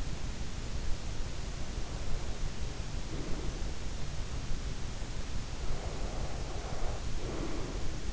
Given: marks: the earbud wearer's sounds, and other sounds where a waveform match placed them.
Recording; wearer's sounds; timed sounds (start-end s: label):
sounds in sleep by an in-ear microphone; breath
1.62-3.79 s: breath
5.39-8.13 s: breath